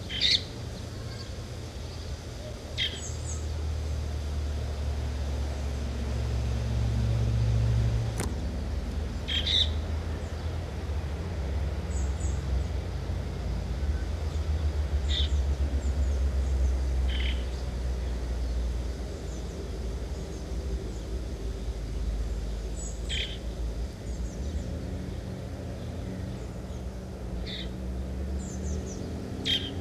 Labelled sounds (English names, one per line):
Common Blackbird call